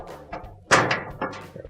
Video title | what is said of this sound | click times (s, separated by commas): WE2X329 - Replacing Your GE Dryer's Cap Nut AP2042396 PS267755 | locked into place now | 0.9 s, 1.2 s